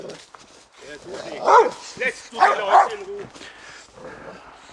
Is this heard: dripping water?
no